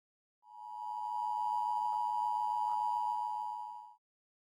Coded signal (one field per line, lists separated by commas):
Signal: Emergency Alert System (SAME) tones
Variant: 853 and 960 Hz attention tone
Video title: EAS CoronaVirus Prank On My Mom 😂 *Funny*